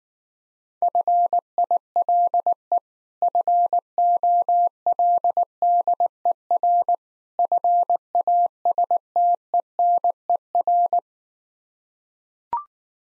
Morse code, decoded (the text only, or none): FILE FOLDER FASTENER